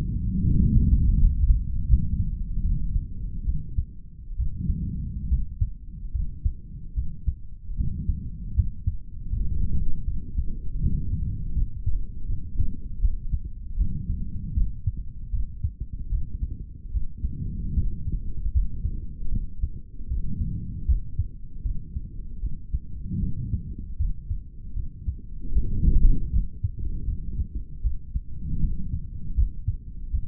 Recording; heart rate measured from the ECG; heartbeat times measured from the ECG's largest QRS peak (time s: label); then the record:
heart sounds by stethoscope; 77 bpm
0.43 s: heartbeat
1.15 s: heartbeat
1.87 s: heartbeat
2.62 s: heartbeat
3.45 s: heartbeat
4.37 s: heartbeat
5.29 s: heartbeat
6.12 s: heartbeat
6.95 s: heartbeat
7.76 s: heartbeat
8.55 s: heartbeat
9.30 s: heartbeat
10.05 s: heartbeat
10.80 s: heartbeat
11.54 s: heartbeat
12.27 s: heartbeat
13.00 s: heartbeat
13.76 s: heartbeat
14.54 s: heartbeat
15.31 s: heartbeat
16.10 s: heartbeat
16.92 s: heartbeat
17.74 s: heartbeat
18.52 s: heartbeat
19.30 s: heartbeat
20.08 s: heartbeat
20.86 s: heartbeat
21.63 s: heartbeat
22.41 s: heartbeat
23.20 s: heartbeat
23.97 s: heartbeat
24.74 s: heartbeat
25.52 s: heartbeat
26.31 s: heartbeat
27.06 s: heartbeat
27.82 s: heartbeat
28.59 s: heartbeat
29.35 s: heartbeat
30.11 s: heartbeat
From the record:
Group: healthy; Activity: rest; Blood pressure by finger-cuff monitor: 139/101 mmHg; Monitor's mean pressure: 113 mmHg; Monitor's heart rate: 77 bpm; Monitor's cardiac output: 3.5 L/min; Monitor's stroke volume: 45 mL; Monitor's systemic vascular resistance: 2330 dyn s/cm5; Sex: male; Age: 55 years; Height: 167 cm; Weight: 57.2 kg